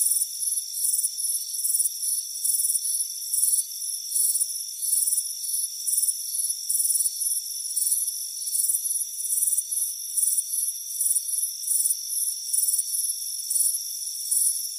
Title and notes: Crickets Chirping Sound. warm afternoon. front porch. chirping crickets